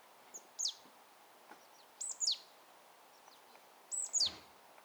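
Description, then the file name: Marsh tit calls: three loud, sharp, high notes that fall steeply, given every couple of seconds, with fainter chips between. "Poecile palustris"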